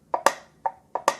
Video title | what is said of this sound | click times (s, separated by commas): Tosh Customs: Comments From A Customizer: Mezco John Wick | a very loud satisfying click it doesn't flick open when it's upside down | 0.3 s, 1.1 s